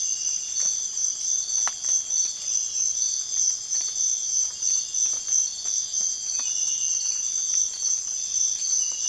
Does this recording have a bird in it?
no